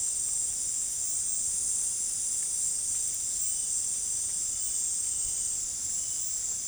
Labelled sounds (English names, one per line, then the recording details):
none
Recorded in dense forest near Puerto Asís, Putumayo, Colombia, on 23 June 2025 at 18:30
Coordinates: 0.503, -76.323
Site G059